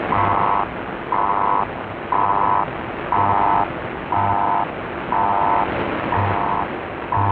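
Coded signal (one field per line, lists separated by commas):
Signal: radio time signal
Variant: BPM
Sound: eight half-second 1 kHz beeps, one each second, over hissy shortwave static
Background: radio static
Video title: [5MHz] 標準時報局(BPM) [ICF-SW7600G]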